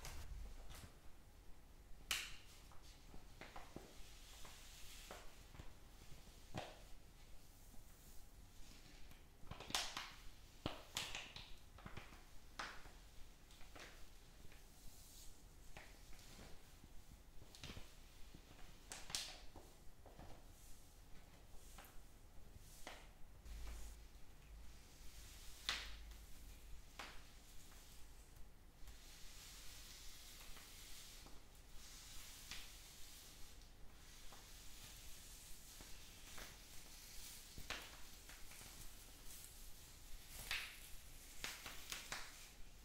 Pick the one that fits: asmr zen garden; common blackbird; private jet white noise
asmr zen garden